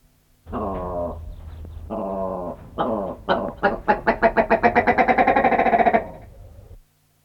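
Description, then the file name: Willow ptarmigan call: harsh nasal croaks that break into a fast, accelerating rattle of clucking notes. "riekko"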